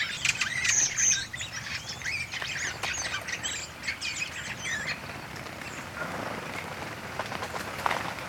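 Redwing song: a dense twittering chatter of high squeaky notes for about five seconds, then quieter scattered notes.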